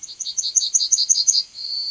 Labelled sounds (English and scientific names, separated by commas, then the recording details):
Yellowhammer (Emberiza citrinella) song
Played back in forest
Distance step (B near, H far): B
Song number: 138